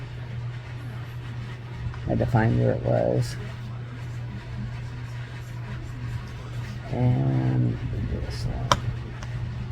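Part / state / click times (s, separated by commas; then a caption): resin drill into diamond painting canvas / seated / 9.2 s. A small resin diamond-painting drill is pressed into a tight spot on the adhesive canvas and clicks into place at 9.2 s. Someone talks before the click, over a steady low hum.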